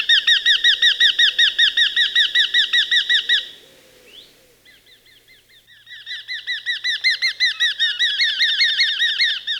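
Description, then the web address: Eurasian hobby giving a rapid repeated 'kew-kew-kew' call, a short pause in the middle, then the shrill series resumes and continues. "Hobby"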